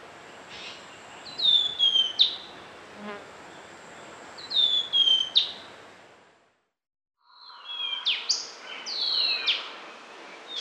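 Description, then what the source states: Yellow-breasted boatbill giving three high call phrases, each a sharp note and a thin falling whistle ending in a snap, with a soft hiss of background noise. Recorded in Papua New Guinea.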